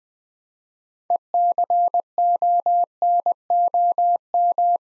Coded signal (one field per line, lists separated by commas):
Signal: Morse code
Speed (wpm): 20 wpm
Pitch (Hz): 700 Hz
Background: none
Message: ECONOM